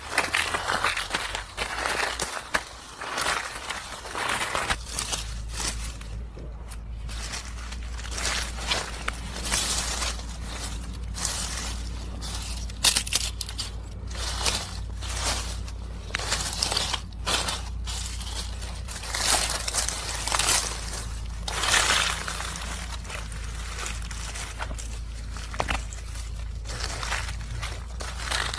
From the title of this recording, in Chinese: 踩落叶的声音